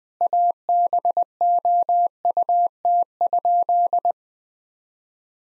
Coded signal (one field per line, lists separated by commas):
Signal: Morse code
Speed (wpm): 20 wpm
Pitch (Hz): 700 Hz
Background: none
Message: ABOUT?